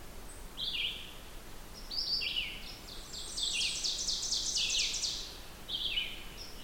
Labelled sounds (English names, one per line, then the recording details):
Ovenbird song
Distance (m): 50 m
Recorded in boreal forest in Alberta, Canada, on 16 June 2016 at 08:09
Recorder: SongMeter 3, array SBT-3-32
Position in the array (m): 157 m, 31 m
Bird 36